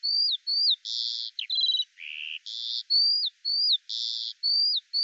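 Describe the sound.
Eurasian skylark: thin high whistles, each ending in a drop, alternating with harsh buzzy bursts and one lower rasp.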